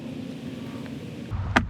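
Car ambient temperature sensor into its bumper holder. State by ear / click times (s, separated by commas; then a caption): seated / 1.6 s. A new plastic ambient temperature sensor for a BMW Z4 E89 is pushed back into its keyed holder in the bumper until it latches. Over a steady low hum, a faint tick is followed by a sharp, loud click at 1.6 s as the sensor seats.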